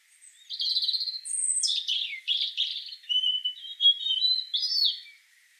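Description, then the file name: European robin pouring out a continuous phrase of high whistles, slurred notes and short trills, changing pitch constantly, with no other sounds. "Erithacus rubecula"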